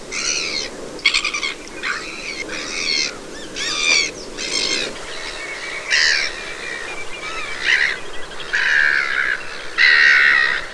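Black-headed gull giving harsh, nasal calls in irregular bursts, some longer and screechy, over a steady background rumble.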